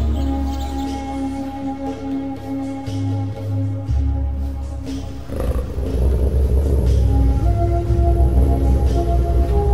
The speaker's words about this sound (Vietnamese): Chỉ thấy đức vua của chúng chăm chú nhìn về phía nam, khe khẽ cúi đầu, rồi lại ngẩng lên phát ra một tiếng gầm kinh thiên động địa.